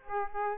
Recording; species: mosquito wingbeat signal from an infrared sensor; Aedes aegypti